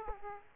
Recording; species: mosquito wingbeat signal from an infrared sensor; Aedes aegypti